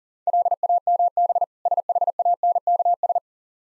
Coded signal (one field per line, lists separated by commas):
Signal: Morse code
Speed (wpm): 40 wpm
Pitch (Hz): 700 Hz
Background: none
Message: LAMB SHANKS